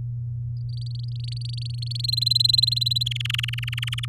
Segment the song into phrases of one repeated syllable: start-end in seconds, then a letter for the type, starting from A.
0.69-2.06 A, 2.08-3.03 B, 3.06-4.05 C